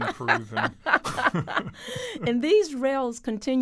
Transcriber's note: laughter